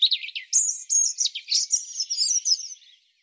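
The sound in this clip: European robin song: a few rapid notes, then a stream of high, varied whistles and trills that fades out within about three seconds.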